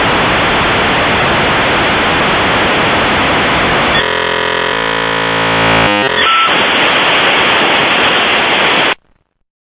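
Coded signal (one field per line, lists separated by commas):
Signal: dial-up modem handshake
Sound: loud harsh hiss, a buzzy tonal stretch, short beep, then hiss until abrupt stop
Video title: Dial Up Internet Sound / Popular Sounds / #copyrightfree / [Copyright Free Home & Office Sounds]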